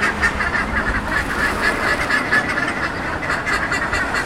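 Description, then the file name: Buff-necked ibis calls: harsh, nasal honks overlapping in a steady flock chorus, with pulsed notes running without a break and a faint low hum early on. Several birds, in Frutillar, Chile. "Bandurrias Theristicus caudatus in Frutillar Chile"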